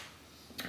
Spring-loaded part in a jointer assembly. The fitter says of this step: There we go. You heard it click to seat them in there.